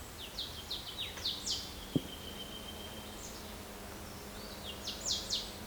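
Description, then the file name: Marsh tit calls: quick runs of high, sharply down-slurred notes, a pause with a single click, then another short burst of similar notes. "Poecile palustris"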